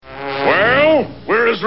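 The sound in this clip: Bear calls: a drawn-out, wavering tonal bawl that rises then drops, followed by a second shorter arched cry.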